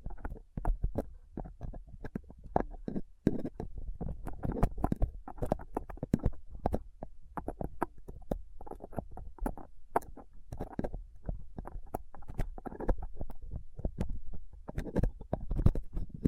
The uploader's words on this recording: ASMR Rough Mic Picking using Dental PickTweezersCotton Swab (No Talking).